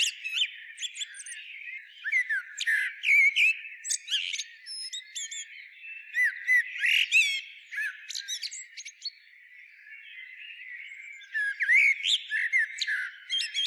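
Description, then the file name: Eurasian blackbird singing continuously, low fluty warbles running into thin, scratchy high-pitched twitters, phrase after phrase with brief gaps. "Turdus merula"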